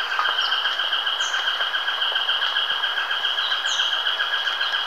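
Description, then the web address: Nariño tapaculo song: a long, steady series of short nasal notes, about four per second, continuing throughout without pause; faint high chirps from other birds above. Recorded in Ecuador. "Birds of Ecuador Narino Tapaculo"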